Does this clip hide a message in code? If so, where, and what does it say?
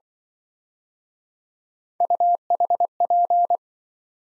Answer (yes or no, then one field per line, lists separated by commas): yes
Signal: Morse code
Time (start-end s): 2.0-3.6 s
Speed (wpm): 25 wpm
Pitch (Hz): 700 Hz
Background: none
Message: UHP